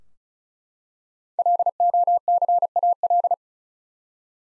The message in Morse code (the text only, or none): LOCAL